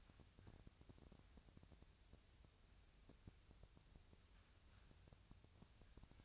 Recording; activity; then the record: daily activity, microphone in the room; wipe stove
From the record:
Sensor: 2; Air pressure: 1001.5 hPa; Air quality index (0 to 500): 226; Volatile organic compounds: 25 ppm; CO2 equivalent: 2832 ppm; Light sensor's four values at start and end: 8/26/10/9 and 7/26/10/9